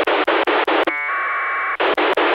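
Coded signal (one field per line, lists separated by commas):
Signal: packet radio (AX.25, as in APRS)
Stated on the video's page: APRS packets sent and received on a Retevis RT95 mobile radio through a homemade cable and cheap USB sound card.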